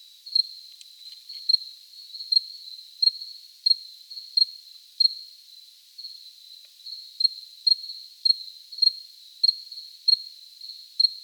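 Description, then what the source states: Cricket calling with a continuous high-pitched trill punctuated by sharp chirps, with a short pause midway and a brief faint rustle near the start. Recorded close up.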